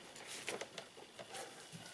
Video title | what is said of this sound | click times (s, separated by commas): How to fix rattling air filter box in 1.6HDi engines (Peugeot/Citroen/Volvo/Mini) | then just basically push it until it kind of clicks into place this is good | 0.5 s